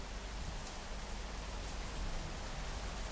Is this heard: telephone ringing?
no